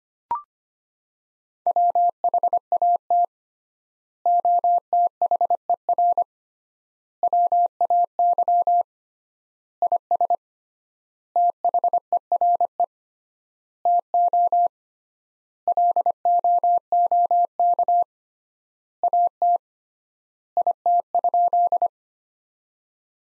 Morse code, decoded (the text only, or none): WHAT OTHER WAY IS THERE TO LOOK AT IT?